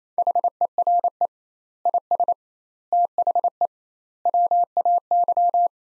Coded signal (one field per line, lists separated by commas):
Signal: Morse code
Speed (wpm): 28 wpm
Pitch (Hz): 700 Hz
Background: none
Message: HERE IS THE WAY